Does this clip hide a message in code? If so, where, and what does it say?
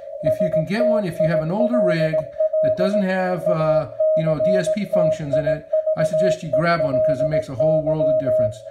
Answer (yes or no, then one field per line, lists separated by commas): yes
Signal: Morse code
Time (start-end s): 0.3-8.5 s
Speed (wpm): 17 wpm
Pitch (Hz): 630 Hz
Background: speech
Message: STILL ACTIVELY